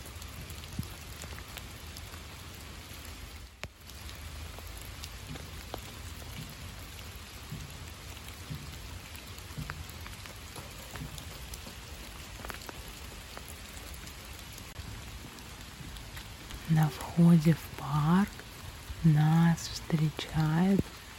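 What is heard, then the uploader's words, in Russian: Rain falls steadily in a park in October, a dense even patter with scattered heavier drops. From about 17 seconds, a voice speaks in short bursts until the end, louder than the rain. A faint low rumble runs underneath throughout. Дождливый парк в октябре. Шум дождя.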